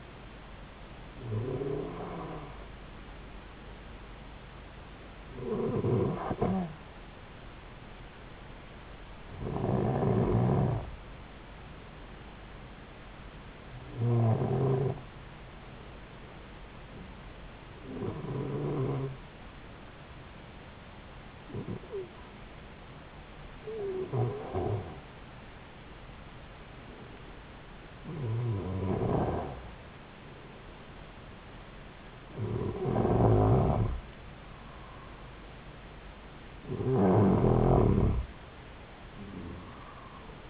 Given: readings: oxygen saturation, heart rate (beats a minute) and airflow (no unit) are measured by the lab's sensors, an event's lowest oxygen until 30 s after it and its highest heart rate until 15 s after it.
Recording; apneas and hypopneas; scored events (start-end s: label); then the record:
breathing in sleep by a voice recorder at the bedside; 1
6.00-32.00 s: hypopnea (N2, oxygen 94% highest, then 91% lowest)
From the record:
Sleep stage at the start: N2 (light sleep); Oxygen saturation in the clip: 91 to 94%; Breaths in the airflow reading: 10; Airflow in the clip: -4.0 to 5.0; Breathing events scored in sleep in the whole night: 270 in 6.1 hours asleep